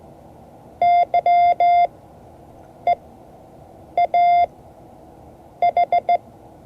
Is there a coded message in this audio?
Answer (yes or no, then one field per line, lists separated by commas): yes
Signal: Morse code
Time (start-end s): 0.8-6.2 s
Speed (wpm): 15 wpm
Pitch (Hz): 690 Hz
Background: none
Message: Y E A H